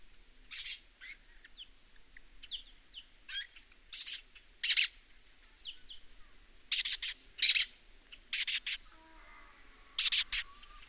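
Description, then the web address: Lesser kestrel calls: short harsh, buzzy bursts at irregular intervals, some doubled or in quick pairs, with fainter thin chirps between them. "Lesser kestrel. صدای پرنده دلیجه کوچک"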